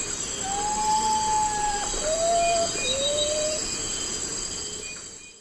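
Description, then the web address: Common potoo with a falling series of three sad, drawn-out whistles, each lower than the last, against a steady insect drone. Eastern lowlands of South America. "ENTER Music and Audio. Nature Songs S America Eastern Lowlands. Common Potoo"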